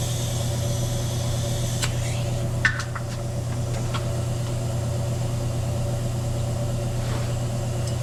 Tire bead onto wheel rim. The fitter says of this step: still not fully seated.